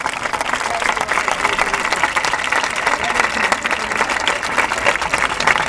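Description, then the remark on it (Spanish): An audience applauds steadily, a dense wash of many hands clapping at a constant loudness for several seconds without any speech. “Entonces, de agruparnos, de conformar una red que es bien extensa, y un aplauso para todo eso, ¿verdad?”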